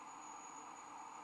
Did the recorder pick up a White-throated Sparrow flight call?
no